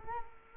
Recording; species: mosquito wingbeat signal from an infrared sensor; Culex quinquefasciatus